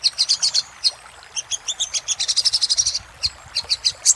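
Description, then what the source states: Little spiderhunter singing high, piercing notes in quick irregular series, with short gaps between bursts. Master song for training cage birds; labaik variant.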